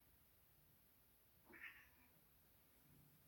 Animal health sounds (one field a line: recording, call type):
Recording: domestic cat vocalisation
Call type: trill